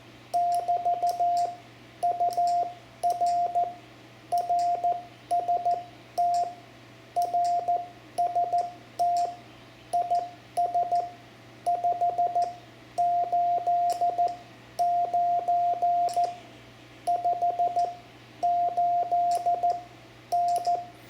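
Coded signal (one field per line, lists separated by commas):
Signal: Morse code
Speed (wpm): 14 wpm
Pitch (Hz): 700 Hz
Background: radio noise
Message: <BT> UR RST RST IS 589 58N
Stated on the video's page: Lesson example of calling CQ and a basic CW QSO for new amateur operators.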